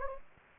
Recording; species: mosquito wingbeat signal from an infrared sensor; Anopheles gambiae